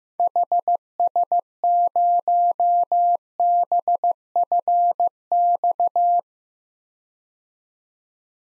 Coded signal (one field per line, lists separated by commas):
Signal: Morse code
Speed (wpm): 15 wpm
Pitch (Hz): 700 Hz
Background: none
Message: HS0BFX